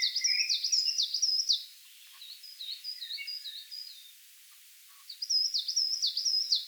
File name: Periparus ater